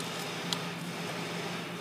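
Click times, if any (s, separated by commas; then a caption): 0.5 s. On a Ford Focus or Transit Connect, after the throttle body is replaced, the PCV hose's quick-connect fitting is pushed onto its port on the intake. A single sharp click at 0.5 s stands out over a steady low hum. The PCV line connector is fully seated.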